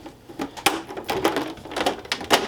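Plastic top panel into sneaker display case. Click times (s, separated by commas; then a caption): 0.7 s, 2.1 s. The plastic top panel of a sneaker display case is snapped onto its frame, with sharp plastic clicks at 0.7 s and 2.1 s among other tapping and rattling handling sounds. Each click shows the panel is going in right, and it seats.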